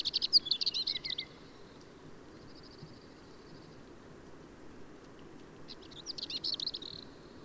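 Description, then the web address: Marmora's warbler song: a scratchy, jerky warble, then a faint buzzy trill, then after a pause another rasping warbled phrase. "Magnanina sarda"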